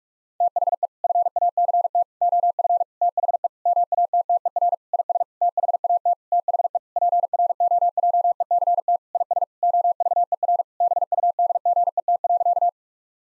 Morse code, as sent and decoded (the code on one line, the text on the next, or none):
- .... . / ..-. .- -.-. - / --- ..-. / - .... . / -- .- - - . .-. / .. ... / - .... .- - / - .... . / .--. .-. --- .--- . -.-. - / .. ... / --- ...- . .-. / -... ..- -.. --. . - .-.-.-
THE FACT OF THE MATTER IS THAT THE PROJECT IS OVER BUDGET.